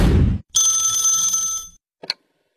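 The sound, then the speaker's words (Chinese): A telephone rings with an incoming call from an unfamiliar number for just over a second with a bright, high-pitched, buzzing tone, preceded by a short low rumble and followed by a brief click. No one speaks. “正想着呢，又一个陌生来电，不用问”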